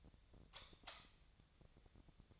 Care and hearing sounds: daily activity, microphone in the room; light off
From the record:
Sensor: 3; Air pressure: 1009.8 hPa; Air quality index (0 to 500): 190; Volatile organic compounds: 14 ppm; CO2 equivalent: 2476 ppm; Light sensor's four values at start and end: 45/117/50/51 and 41/104/44/47

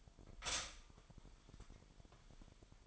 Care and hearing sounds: daily activity, microphone in the room; stop toaster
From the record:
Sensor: 5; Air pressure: 1002.1 hPa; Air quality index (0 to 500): 208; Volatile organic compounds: 20 ppm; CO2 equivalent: 2693 ppm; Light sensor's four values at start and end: 33/109/41/44 and 33/109/41/44

